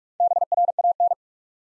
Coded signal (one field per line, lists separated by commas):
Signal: Morse code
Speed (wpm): 46 wpm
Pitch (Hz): 700 Hz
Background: none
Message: BRAN